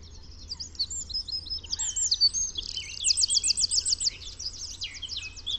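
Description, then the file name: Wren song: a fast, loud, high tumbling stream of sharp notes and rapid trills, rising in energy toward a rattling burst near the middle. "Troglodyte"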